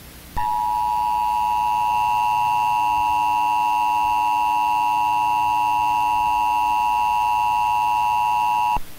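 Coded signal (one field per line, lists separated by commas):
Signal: Emergency Alert System (SAME) tones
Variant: 853 and 960 Hz attention tone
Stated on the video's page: Fictional EAS scenario containing valid SAME tones, with analog effects.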